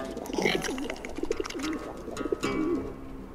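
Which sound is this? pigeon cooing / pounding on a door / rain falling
pigeon cooing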